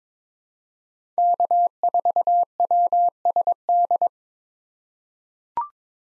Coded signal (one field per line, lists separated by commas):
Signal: Morse code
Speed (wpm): 22 wpm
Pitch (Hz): 700 Hz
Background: none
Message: K4WSD